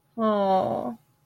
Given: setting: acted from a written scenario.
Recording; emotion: vocal sound without words; shame